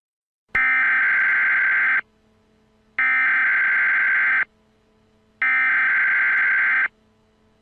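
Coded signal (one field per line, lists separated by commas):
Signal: Emergency Alert System (SAME) tones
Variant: header bursts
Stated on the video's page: Fictional EAS scenario with valid EAS tones.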